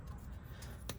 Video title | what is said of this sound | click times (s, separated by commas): 2009 Lexus RX350 noise in steering wheel (struts) | can you do it with one hand my left hand of all things it just it just snaps right in so that's easy | 0.9 s